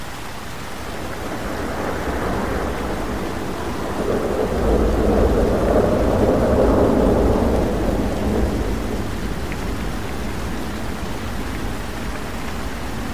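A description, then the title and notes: Steady, dense rain hisses throughout, with a low rumbling swell building from about four to eight seconds before easing back to the constant downpour. Thunderstorm Rain Sounds.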